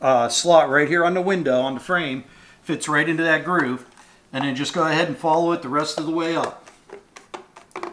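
A trim strip is being fitted to a window frame, its slot engaging the frame's groove as it is flexed and followed up the frame. Someone talks for most of the clip, and a few faint, brief ticks are heard near the end. Nothing has seated or snapped into place yet.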